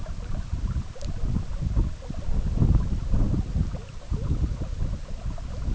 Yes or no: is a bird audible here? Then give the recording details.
no. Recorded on Arctic tundra, site EABA-MC, on 17 June 2019. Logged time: 04:00